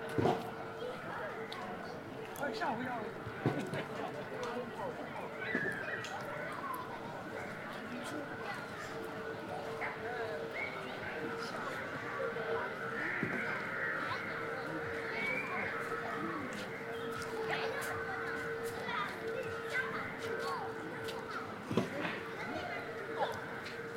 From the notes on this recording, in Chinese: 北京地坛